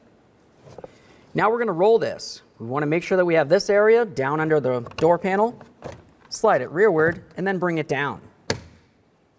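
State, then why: Seated. On a 2004–2006 Scion xB driver door, during exterior door handle replacement, the plastic window switch bezel is slid rearward under the door trim panel and brought down into place while someone talks. A sharp click at 8.5 s marks the bezel seating into the door trim panel.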